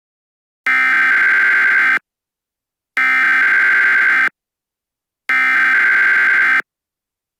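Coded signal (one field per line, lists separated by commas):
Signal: Emergency Alert System (SAME) tones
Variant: header bursts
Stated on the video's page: Fictional EAS scenario.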